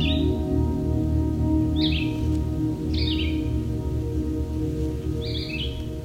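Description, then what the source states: Red-eyed Vireo giving a few short slurred whistled phrases separated by gaps of about a second or more, with a low steady hum beneath. Song likened to 'vireo, vireo, vireo'; heard in forests across North America on hot summer days; audio modified for listeners with high-frequency hearing loss.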